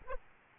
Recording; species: mosquito wingbeat signal from an infrared sensor; Aedes albopictus